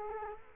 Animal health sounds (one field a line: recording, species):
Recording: mosquito wingbeat signal from an infrared sensor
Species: Culex quinquefasciatus